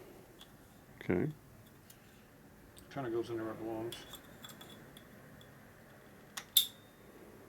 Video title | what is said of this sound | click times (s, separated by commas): #151 1983 FLTC 80ci shovelhead ebay crap low buck stock motor 74" FL FX rebuild harley tatro machine | I heard it pop did you hear it pop I did | 6.6 s